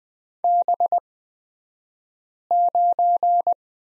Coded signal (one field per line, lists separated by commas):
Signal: Morse code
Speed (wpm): 20 wpm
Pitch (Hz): 700 Hz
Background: none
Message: B9